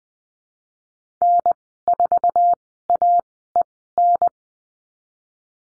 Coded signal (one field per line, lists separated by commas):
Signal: Morse code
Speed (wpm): 20 wpm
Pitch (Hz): 700 Hz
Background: none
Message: N4AEN